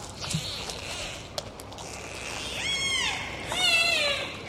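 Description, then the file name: Dolphin whistles, two bright arched whistles with strong overtones, the second falling and trailing off, over background hiss. "Zvuki Prirody - Vesyolye Delfiny"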